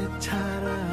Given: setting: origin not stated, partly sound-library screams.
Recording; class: one-second piece from a danger detection set; normal situation